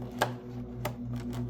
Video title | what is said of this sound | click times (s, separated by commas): How to Fix Broken Armrest Switch Panel 03-06 GMT800 Silverado Tahoe Avalanche Sierra! | So, I got that light clicked back in. | 0.2 s, 0.9 s